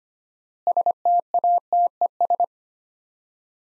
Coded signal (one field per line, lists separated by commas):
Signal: Morse code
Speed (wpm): 25 wpm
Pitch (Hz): 700 Hz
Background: none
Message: STATES